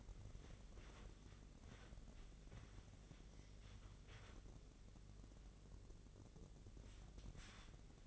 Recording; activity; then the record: daily activity, microphone in the room; wipe stove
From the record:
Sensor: 4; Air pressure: 1013.2 hPa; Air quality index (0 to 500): 177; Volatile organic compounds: 2 ppm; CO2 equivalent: 1112 ppm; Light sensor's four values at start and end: 97/244/101/107 and 98/245/101/107